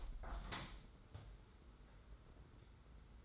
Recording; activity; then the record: daily activity, microphone in the room; open window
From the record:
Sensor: 3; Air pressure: 991.2 hPa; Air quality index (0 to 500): 125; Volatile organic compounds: 131 ppm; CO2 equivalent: 3934 ppm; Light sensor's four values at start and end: 49/134/54/48 and 48/133/54/48